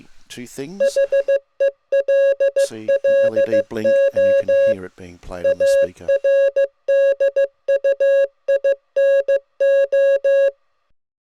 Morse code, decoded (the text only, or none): HELLO ARDUINO